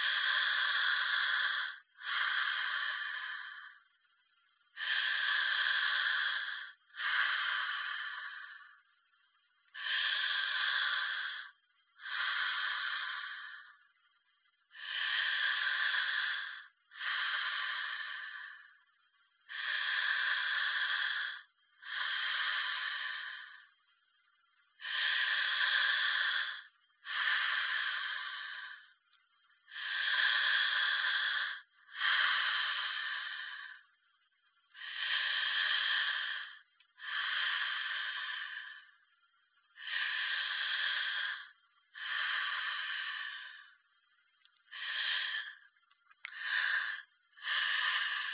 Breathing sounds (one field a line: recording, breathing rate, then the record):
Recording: paced breathing near a phone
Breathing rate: 12 breaths a minute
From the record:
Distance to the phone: 40 cm